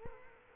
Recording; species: mosquito wingbeat signal from an infrared sensor; Culex quinquefasciatus